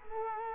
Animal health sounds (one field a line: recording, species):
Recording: mosquito wingbeat signal from an infrared sensor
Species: Culex quinquefasciatus